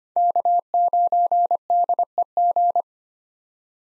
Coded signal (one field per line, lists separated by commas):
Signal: Morse code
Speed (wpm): 25 wpm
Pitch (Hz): 700 Hz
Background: none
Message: K9DEG